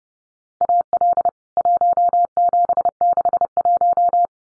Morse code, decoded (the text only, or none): AL 1761